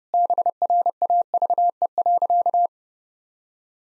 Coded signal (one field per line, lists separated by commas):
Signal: Morse code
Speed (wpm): 30 wpm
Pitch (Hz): 700 Hz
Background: none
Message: BRAVE.